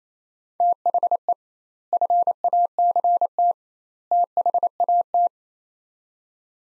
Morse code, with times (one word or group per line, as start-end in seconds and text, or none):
0.6-1.3 THE
1.9-3.5 FACT
4.1-5.3 THAT